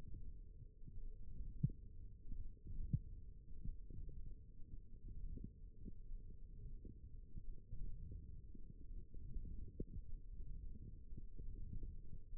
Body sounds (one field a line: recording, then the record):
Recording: forearm muscle sounds (acoustic myography)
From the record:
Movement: hook grip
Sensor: system 1, eight BSWA MPA416 microphones around the upper forearm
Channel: 2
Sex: female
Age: 21 years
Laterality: right